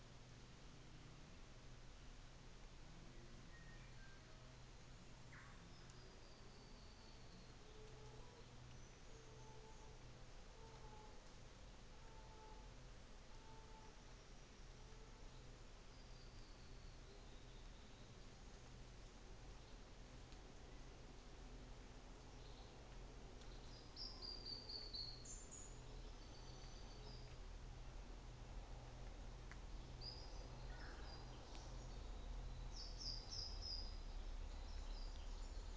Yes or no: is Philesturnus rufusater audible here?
no